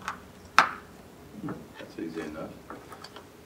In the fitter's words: this just slide on and twist and locks into place that's